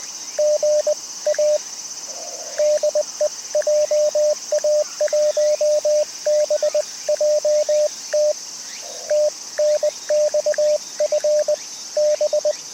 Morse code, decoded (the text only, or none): GA DE JA1BJT TNX FB